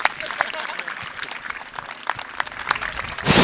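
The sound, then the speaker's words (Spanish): A crowd at a round-table meeting claps steadily for the people who made the event possible, a dense patter of hand claps at even loudness that swells into a brief louder burst at the end. “Esto es importante y pido un aplauso para ellos.”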